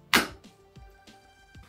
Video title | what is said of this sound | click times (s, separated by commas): Smart Underfloor Wifi Hearting Thermostat Installation (Meross) | locating it in the right place and then push it till it clicks | 0.2 s